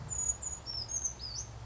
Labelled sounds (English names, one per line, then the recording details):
Brown Creeper
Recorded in Sonoma County, California